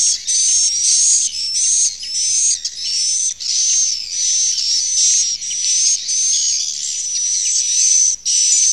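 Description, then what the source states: Swiftlet chirps repeated in a steady series of high, buzzy notes with faint rising whistles, each separated by a brief dip in sound. Sound used for swiftlet farming in Asia.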